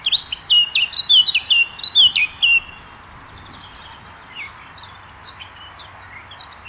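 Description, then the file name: Eurasian blackcap song: a loud run of quick, sharply inflected chirping notes over the first two and a half seconds, then fainter high notes. "Sylvia atricapilla"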